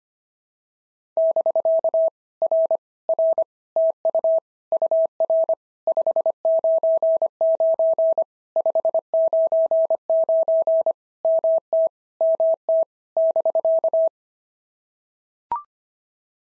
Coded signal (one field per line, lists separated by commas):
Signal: Morse code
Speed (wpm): 25 wpm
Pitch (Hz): 650 Hz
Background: none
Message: <BK> R R TU UR 599 599 MT MT <BK>